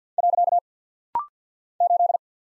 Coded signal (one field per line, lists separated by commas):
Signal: Morse code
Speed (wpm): 48 wpm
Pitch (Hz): 700 Hz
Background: none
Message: . 8